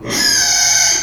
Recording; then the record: squeal of a Yucatan mini pig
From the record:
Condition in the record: before surgery on the right vocal fold (resection and tissue-engineered implant); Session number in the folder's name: 2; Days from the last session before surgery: 0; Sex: male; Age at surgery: 12 weeks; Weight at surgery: 13 kg